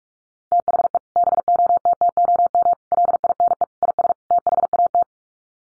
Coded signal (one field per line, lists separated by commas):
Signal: Morse code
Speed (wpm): 44 wpm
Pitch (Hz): 700 Hz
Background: none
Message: THE BOTTOM LINE IS THAT